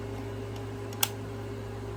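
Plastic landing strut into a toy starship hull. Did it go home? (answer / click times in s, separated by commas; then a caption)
yes / 1.0 s. A plastic landing strut on a Star Wars Micro Galaxy Squadron TIE Reaper toy starship is folded by pressing its landing gear pistons back and pushing the strut up into the hull. Over a steady low hum, a faint tick at about 0.9 s comes before one sharp, bright click at 1.0 s as the strut locks into place.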